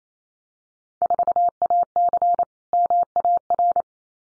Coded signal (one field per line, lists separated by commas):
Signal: Morse code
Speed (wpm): 28 wpm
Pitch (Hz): 700 Hz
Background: none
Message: 4AC MAR